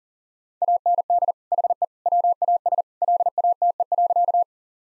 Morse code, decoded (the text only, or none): AND HE WAS LATE.